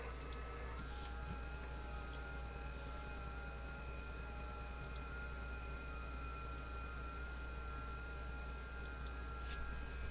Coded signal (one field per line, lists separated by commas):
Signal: FT8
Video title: FT8 Digital & rag chew